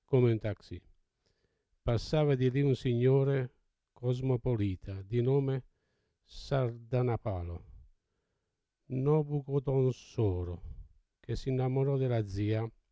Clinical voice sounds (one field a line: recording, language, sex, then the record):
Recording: read passage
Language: Italian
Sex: male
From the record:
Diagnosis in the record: Parkinson's disease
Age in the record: 70 years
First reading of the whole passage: 68 s, 7.6 characters per second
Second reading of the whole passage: 61 s, 8.4 characters per second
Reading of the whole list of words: 64 s, 4.4 characters per second